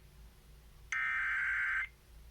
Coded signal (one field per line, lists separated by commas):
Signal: Emergency Alert System (SAME) tones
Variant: header bursts